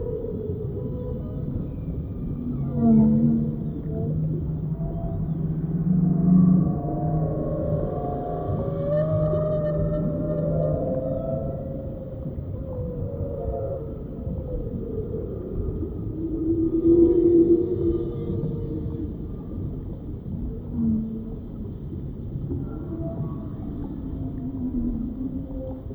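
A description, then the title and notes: Whale song drifts through a deep, steady undersea rumble, with long moaning and gliding calls in the low-to-middle range. Calls overlap and bend in pitch, swelling around three, six to ten, and seventeen seconds, with the constant ocean wash underneath. Natural Sounds - Relaxing Ocean Sounds with Whale Song.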